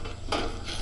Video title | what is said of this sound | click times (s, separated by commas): NERO EASY CLEANING TIPS | it's actually better now because what it does is it will click in behind the frame there and | 0.3 s